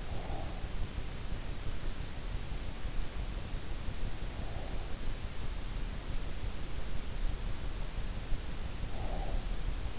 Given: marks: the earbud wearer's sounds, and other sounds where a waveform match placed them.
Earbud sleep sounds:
sounds in sleep by an in-ear microphone; breath
0.00-1.02 s: breath
8.52-9.99 s: breath

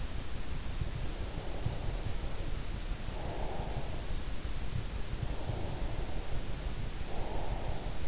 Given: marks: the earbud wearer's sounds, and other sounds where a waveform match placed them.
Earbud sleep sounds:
sounds in sleep by an in-ear microphone; breath
1.01-4.01 s: breath
5.24-8.08 s: breath

